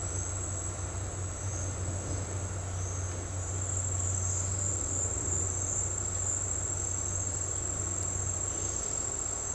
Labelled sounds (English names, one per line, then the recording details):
none
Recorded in dense forest near Puerto Asís, Putumayo, Colombia, on 16 December 2024 at 09:30
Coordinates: 0.468, -76.322
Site G071